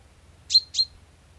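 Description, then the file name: Common chaffinch with a pair of sharp, high metallic call notes close together, faint low rumble beneath. "Fringilla coelebs"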